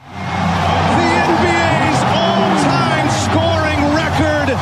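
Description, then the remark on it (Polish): The Los Angeles Lakers home arena crowd roars in loud, unbroken cheering while an excited male American TV commentator talks over the din, as LeBron James breaks the NBA all-time scoring record in a game against the Oklahoma City Thunder. “Wyczyn gracza Los Angeles Lakers oklaskiwał na żywo w hali Jeziorowców.”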